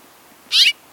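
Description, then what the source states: Spotted Towhee giving a single short, mewing cat-like note. Inquisitive, cat-like call notes given all winter long.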